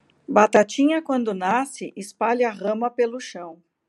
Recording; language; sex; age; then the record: short text; Brazilian Portuguese; female; 50 to 59 years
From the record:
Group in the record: control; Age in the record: 52 years